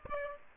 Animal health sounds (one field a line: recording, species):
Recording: mosquito wingbeat signal from an infrared sensor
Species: Aedes aegypti